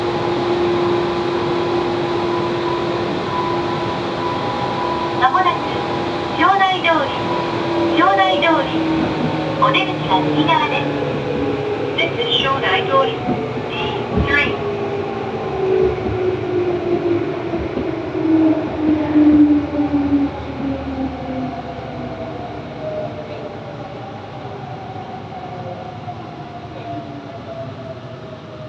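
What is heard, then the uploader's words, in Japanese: Sound of a train running, with a steady low rumble and sustained tonal whines that slowly fall in pitch across the half minute, like a motor winding down. Between about 5 and 15 seconds, a series of sharp clicks and clatters rings out, then fades back to smooth rolling. 鉄道走行音 名鉄100系 車内 浄心→庄内通。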